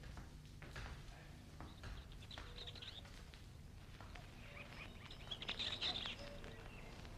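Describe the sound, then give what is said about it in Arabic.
Small birds chirp and twitter in a garden in bright, high bursts over a steady low background hum, with the busiest flurry of tweets coming near the end. “شوف الجنينة جميلة ازاي. شوف العصافير يا مولاي.”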